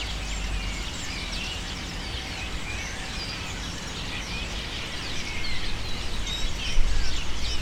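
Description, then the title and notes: Many birds chatter and screech in a dense, unbroken chorus of rapid high notes that grows louder toward the end, with a rumbling low background. Birds using cypress trees in the recordist's city as a refuge, screaming without stopping, especially in the afternoon. "Pájaros En La Fábrica. Muchos de los cipreses de mi ciudad se han convertido en el refugio de pájaros que, sobretodo por la tarde, gritan sin parar"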